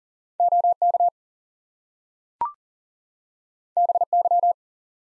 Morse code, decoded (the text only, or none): OK BY